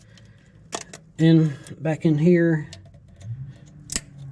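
A steel snap ring is fitted back into its groove in a Ford power reverse tractor transmission with pliers while someone talks. Quiet metallic ticks and scrapes come before a sharp metallic snap at 4.0 s, when the ring seats in its groove.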